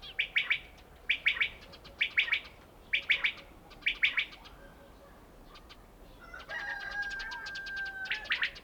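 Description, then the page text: Common quail calling, sharp three-note bursts repeated about once a second, followed by a long, drawn-out tonal sound. Recorded in a mountain village (kishlak). "Mountain Kishlak. Coturnix coturnix - Горный кишлак. Перепел"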